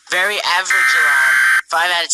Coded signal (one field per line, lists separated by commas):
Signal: Emergency Alert System (SAME) tones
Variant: header bursts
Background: speech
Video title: eas alarm rating (;